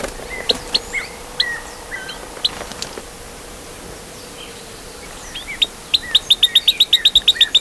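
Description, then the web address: White-throated tyrannulet calls: scattered thin chirps at first, then a rapid, evenly spaced series of sharp high notes at the end. Recorded in Ecuador. "Birds of Ecuador 2. White-Throated Tyrannulet"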